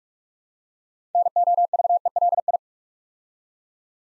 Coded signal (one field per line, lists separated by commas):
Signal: Morse code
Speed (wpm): 44 wpm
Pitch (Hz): 700 Hz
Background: none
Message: NOVELI